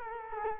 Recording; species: mosquito wingbeat signal from an infrared sensor; Culex quinquefasciatus